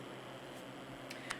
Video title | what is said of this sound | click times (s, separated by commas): Setting up the Designer Diamond Embroidery Machine unit. | push your arm onto the machine until it snaps in nice and tightly | 1.1 s, 1.3 s